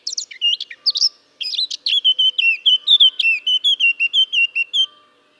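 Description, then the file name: Eurasian blackcap song, a short tangle of scratchy warbling notes, then a strong, even string of mellow whistled notes repeated in quick succession. "Sylvia atricapilla"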